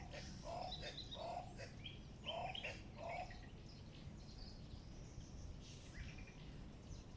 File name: Guinea turaco